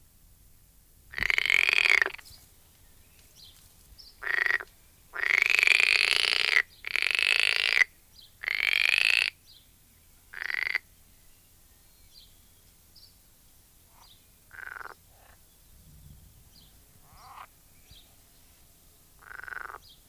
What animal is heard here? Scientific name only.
Pelophylax esculentus